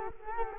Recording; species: mosquito wingbeat signal from an infrared sensor; Culex quinquefasciatus